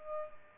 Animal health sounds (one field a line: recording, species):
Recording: mosquito wingbeat signal from an infrared sensor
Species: Culex pipiens